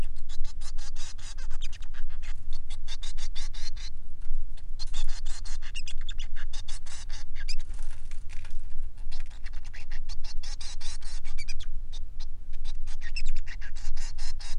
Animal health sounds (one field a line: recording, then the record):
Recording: song of a male Bengalese finch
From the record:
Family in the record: son of father 3